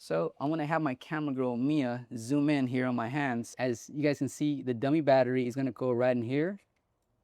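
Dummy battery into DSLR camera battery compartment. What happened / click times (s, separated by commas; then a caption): A small part is being handled but has not clicked into place yet / none. A dummy battery adapter is held at the open battery compartment of a DSLR camera, ready to be pushed in until it clicks. Someone talks throughout, with the voice ending at about 6.6 s. Nothing has seated or clicked yet.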